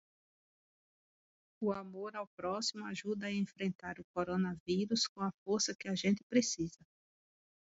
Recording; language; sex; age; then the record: spoken sentence; Brazilian Portuguese; female; 50 to 59 years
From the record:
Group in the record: control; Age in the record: 52 years